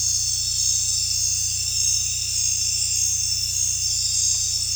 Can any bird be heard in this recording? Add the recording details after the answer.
no. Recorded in dense forest near Puerto Asís, Putumayo, Colombia, on 16 December 2024 at 20:00. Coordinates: 0.467, -76.328. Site GP05